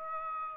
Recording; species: mosquito wingbeat signal from an infrared sensor; Aedes aegypti